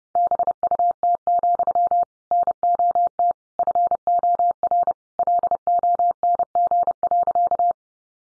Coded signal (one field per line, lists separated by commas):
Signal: Morse code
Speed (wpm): 30 wpm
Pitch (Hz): 700 Hz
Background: none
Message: BUT, NOT FOR LONG.